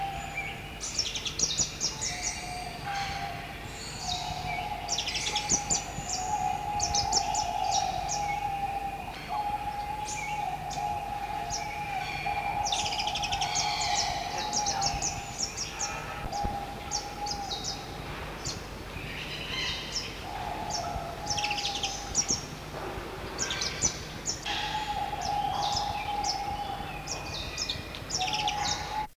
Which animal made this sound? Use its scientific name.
Coryphospingus cucullatus